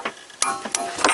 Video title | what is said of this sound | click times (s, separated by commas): How to replace front drive axle or drive shaft LEFT side Toyota Corolla. Years 1995 to 2012 | you hear the snaps, there | 0.4 s